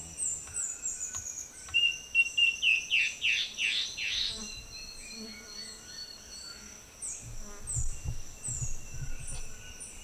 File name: Guianan warbling antbird